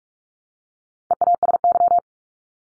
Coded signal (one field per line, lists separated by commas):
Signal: Morse code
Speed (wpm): 44 wpm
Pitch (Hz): 700 Hz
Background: none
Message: EASY